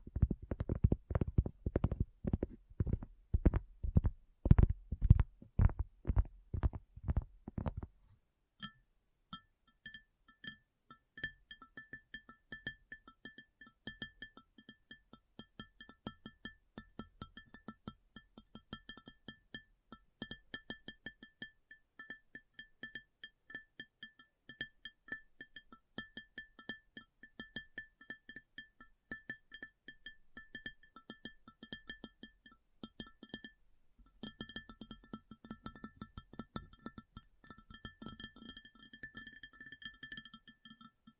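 ASMR tapping, opening with about eight seconds of loud, low, thumping taps at a steady quick pace. After a brief gap, lighter and quicker clicking taps continue to the end, with a faint ringing tone under them and a fuller burst of taps around 35 seconds.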